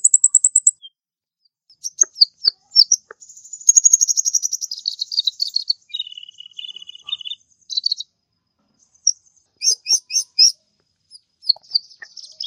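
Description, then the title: Birds singing in a high chirpy jumble: short rapid trills, a long buzzy rattle near the middle and quick bursts of notes at the end, with brief pauses between phrases. "Burung Campur4"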